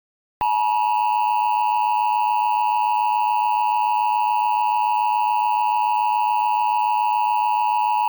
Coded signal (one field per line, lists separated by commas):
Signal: Emergency Alert System (SAME) tones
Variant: 853 and 960 Hz attention tone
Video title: EAS Scenario: The Solar Mutations Preview 2